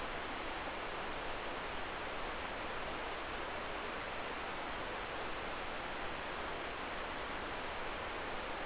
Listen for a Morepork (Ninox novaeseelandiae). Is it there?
no